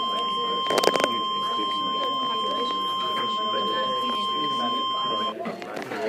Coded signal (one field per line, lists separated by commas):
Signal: Emergency Alert System (SAME) tones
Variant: 1050 Hz attention tone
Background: speech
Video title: EAS 80 - Illinois Statewide Tornado Drill 2016